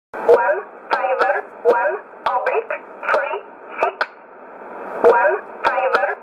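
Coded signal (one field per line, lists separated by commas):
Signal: numbers station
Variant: E11 Oblique, English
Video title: 14 04 2020 E11 Oblique Numbers station in English 0846 on 12202 unknown tx site in USB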